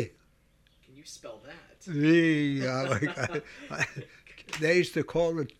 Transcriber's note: they laugh